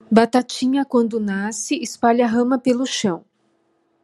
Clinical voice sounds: short text; Brazilian Portuguese; female; 50 to 59 years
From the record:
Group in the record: control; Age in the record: 53 years

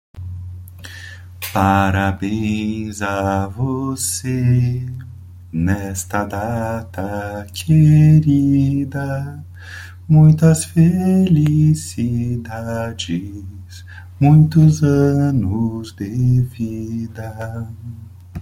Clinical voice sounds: short text; Brazilian Portuguese; male; 40 to 49 years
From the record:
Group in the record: control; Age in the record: 42 years

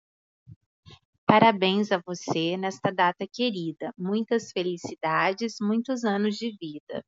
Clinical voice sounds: short text; Brazilian Portuguese; female; 30 to 39 years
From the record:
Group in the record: control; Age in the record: 38 years

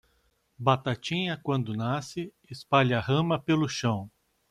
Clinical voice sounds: short text; Brazilian Portuguese; male; 50 to 59 years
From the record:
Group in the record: control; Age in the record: 54 years

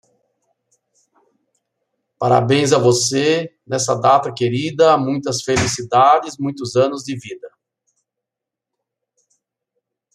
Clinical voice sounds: short text; Brazilian Portuguese; male; 50 to 59 years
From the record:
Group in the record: control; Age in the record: 55 years

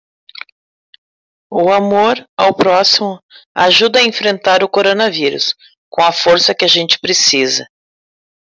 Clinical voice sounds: spoken sentence; Brazilian Portuguese; female; 50 to 59 years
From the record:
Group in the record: control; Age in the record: 50 years

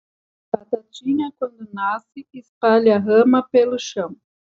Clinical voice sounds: short text; Brazilian Portuguese; female; 40 to 49 years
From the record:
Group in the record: control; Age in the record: 49 years

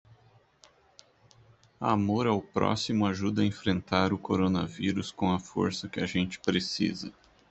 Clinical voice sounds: spoken sentence; Brazilian Portuguese; male; 30 to 39 years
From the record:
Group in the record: control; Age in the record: 39 years

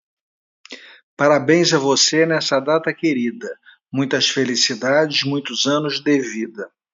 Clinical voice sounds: short text; Brazilian Portuguese; male; 60 to 69 years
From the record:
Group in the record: control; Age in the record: 64 years

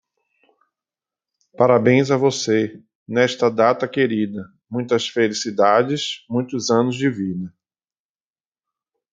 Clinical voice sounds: short text; Brazilian Portuguese; male; 40 to 49 years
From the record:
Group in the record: control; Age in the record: 43 years

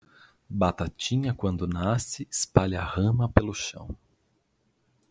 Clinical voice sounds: short text; Brazilian Portuguese; male; 30 to 39 years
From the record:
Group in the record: control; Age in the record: 35 years

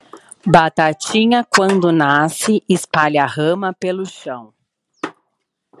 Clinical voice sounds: short text; Brazilian Portuguese; female; 40 to 49 years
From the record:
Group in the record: control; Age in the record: 41 years

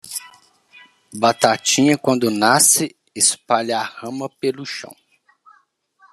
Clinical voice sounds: short text; Brazilian Portuguese; male; 30 to 39 years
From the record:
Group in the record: control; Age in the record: 37 years

